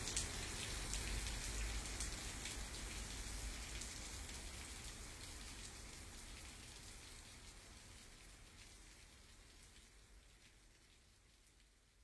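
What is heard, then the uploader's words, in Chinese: Steady rain patters on a city balcony, dense crackling drops with a low rumble early on, gradually fading quieter over the twelve seconds. 雨声，城市，阳台，响雷，车响。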